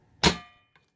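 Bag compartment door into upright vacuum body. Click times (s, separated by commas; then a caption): 0.2 s. The plastic bag door of a Hoover WindTunnel Tempo upright vacuum, with the bag dock removed, is pushed closed onto the vacuum body after checking that the bag is not pinched. It clicks into place at 0.3 s with a sharp, bright snap that rings out and fades by about 0.6 s, followed by a faint small tick at 0.8 s. The door is seated, and it now clicks in more easily without the dock.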